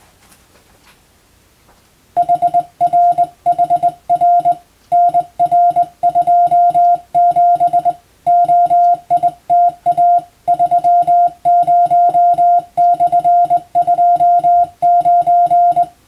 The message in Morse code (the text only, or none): HRHR NR27 OITA 30/29